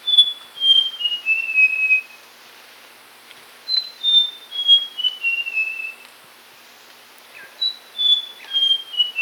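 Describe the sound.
Papuan logrunner giving descending series of whistled notes, three phrases separated by short quiet gaps.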